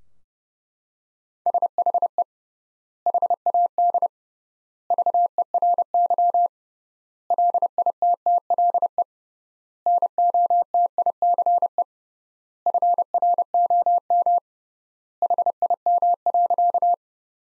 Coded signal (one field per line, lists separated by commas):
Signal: Morse code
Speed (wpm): 32 wpm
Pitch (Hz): 700 Hz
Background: none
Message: SHE HAD VERY LITTLE NOTICE FROM HIM.